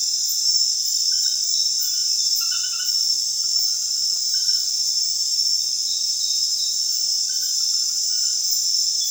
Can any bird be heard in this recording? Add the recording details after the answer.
no. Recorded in secondary vegetation near Puerto Asís, Putumayo, Colombia, on 23 June 2025 at 21:00. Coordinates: 0.498, -76.327. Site GP09